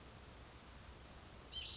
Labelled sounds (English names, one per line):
White-breasted Nuthatch